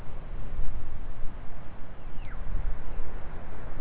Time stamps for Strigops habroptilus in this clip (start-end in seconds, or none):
none